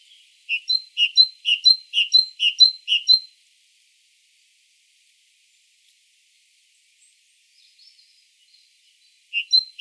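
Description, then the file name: Great tit calling: about six bright two-note phrases in a steady rhythm, then a long silence before the series starts again. "Parus major"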